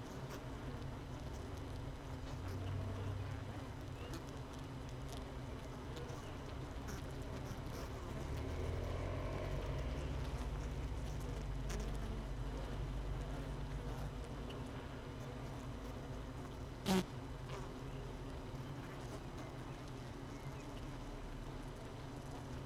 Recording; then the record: honeybee colony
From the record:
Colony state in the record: missing queen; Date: 31 May 2018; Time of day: 17:23